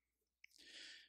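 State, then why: Seated. A clean, dry light guide is pushed back onto the handpiece of a Bluephase Style dental curing light, snapping on with a sharp click at 0.4 s. A soft, broad rustling hiss follows until about 1.0 s, then a faint tick at 1.1 s. The light guide is seated all the way down.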